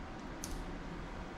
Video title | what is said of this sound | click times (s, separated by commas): Keyence VHX-970 Optical Microscope overview | click and stop | 0.4 s